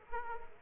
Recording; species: mosquito wingbeat signal from an infrared sensor; Aedes aegypti